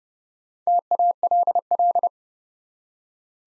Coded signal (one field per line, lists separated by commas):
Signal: Morse code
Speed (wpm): 30 wpm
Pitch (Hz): 700 Hz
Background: none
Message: TALL